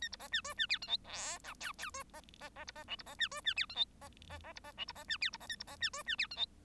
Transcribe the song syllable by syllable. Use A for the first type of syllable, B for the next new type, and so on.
A B C D E D F G H I J K K E C C C B C L B C D E D F G H C C C B C L B C D F B C A B C D E D F G H